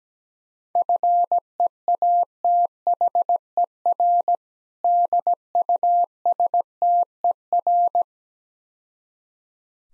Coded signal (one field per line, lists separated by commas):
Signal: Morse code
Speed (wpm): 17 wpm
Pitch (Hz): 700 Hz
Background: none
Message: FEATHER DUSTER